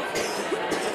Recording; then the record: coughing mixed with background sound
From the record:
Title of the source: 60 coughing still (deep and wet cough)